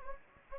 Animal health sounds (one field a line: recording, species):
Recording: mosquito wingbeat signal from an infrared sensor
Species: Anopheles gambiae